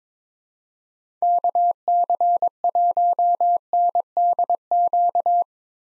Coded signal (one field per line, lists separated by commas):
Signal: Morse code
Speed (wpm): 22 wpm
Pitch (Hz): 700 Hz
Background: none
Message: KC1NDQ